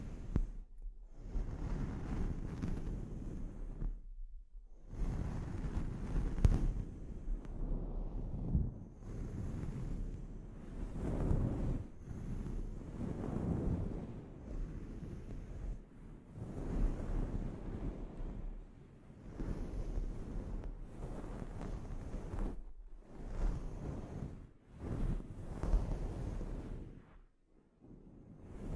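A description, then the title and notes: A scalp treatment: rough rubbing and scrubbing sounds that swell and fade in long, wave-like strokes, with a low rumble and a hissy upper edge. Short pauses break the motion around 4, 8, 16, 23 and 25 seconds. ASMR Sleep Inducing Scalp Treatment (No Talking).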